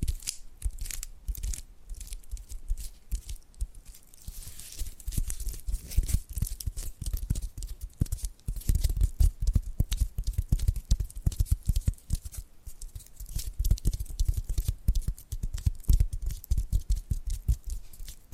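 Close, dense tapping and scratching runs throughout, with rapid irregular clicks and rough scraping strokes at a quick pace. Low knocks recur every second or so. The sound is dry and near, in a small quiet room, with brief lulls around four and twelve seconds.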